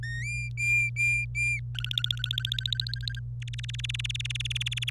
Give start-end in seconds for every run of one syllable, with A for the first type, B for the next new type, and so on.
0.03-1.60 A, 1.75-3.19 B, 3.42-4.90 C